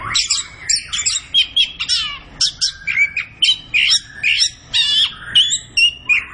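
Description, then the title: Orange-headed thrush singing a rich, fast run of whistled and chattering phrases, high and bright, with short pauses between bursts throughout. Kept songbird singing gacor (vigorously and continuously), used as masteran to train other birds in Indonesian songbird keeping (kicau mania). "Anis Kembang Gacor. Kicau Mania Masteran Anis Kembang"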